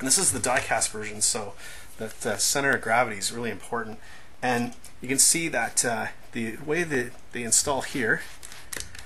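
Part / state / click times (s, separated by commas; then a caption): printed leg extension into action figure leg latch / seated / 8.7 s. Someone talks while pushing a 3D-printed leg extension upgrade part into the standard latch mechanism of a die-cast transforming robot figure's leg; on this heavy die-cast version, the part helps center the figure's weight. A sharp click is heard at 8.7 s as the extension seats in the latch.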